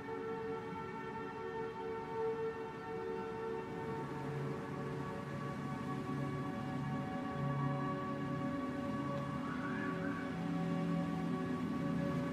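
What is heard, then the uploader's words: Ambient backing music of long, held tones, with low droning notes under several steady higher ones and a soft rushing wash of rain beneath. The level holds even and swells slightly toward the end, and a brief wavering higher tone rises near the ten-second mark. This audio features ambient backing music and light howling rain.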